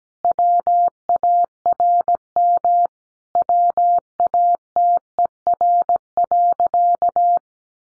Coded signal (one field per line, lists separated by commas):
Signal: Morse code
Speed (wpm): 17 wpm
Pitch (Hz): 700 Hz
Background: none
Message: WARM WATER.